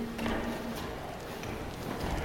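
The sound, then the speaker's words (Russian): A few unhurried footsteps clack on a hard hall floor as Michelangelo takes several steps forward, each step a crisp, evenly spaced tap over a soft, steady background hum. “Микеланджело делает несколько шагов вперед.”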